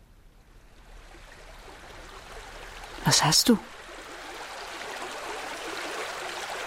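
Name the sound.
river water flowing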